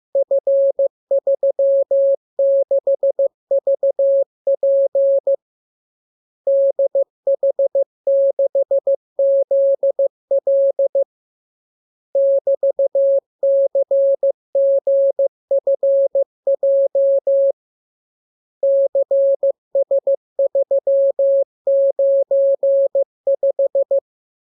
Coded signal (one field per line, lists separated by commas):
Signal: Morse code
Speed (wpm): 15 wpm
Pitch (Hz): 550 Hz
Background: music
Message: F36VP DH6ZL <BT>CGFJ CS395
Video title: Learning Morse Code. Lesson 38. Letter KMURESNAPTLWI.JZ=FOY,VG5/Q92H38B?47C1D6